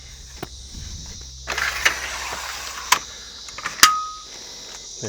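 The second arm lock of an Aussie Traveller Sunburst Eclipse caravan roll-out awning is worked on the awning frame, giving ratchet-like clicks at 1.5, 1.9 and 2.9 s. A final sharp click at 3.8 s, with a brief ringing tone, marks the arm locking into place.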